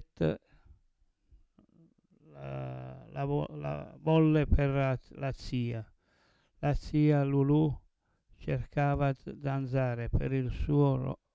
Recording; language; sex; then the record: read passage; Italian; male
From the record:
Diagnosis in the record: Parkinson's disease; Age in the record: 70 years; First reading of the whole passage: 112 s, 4.6 characters per second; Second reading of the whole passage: 107 s, 4.9 characters per second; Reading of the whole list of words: 68 s, 4.1 characters per second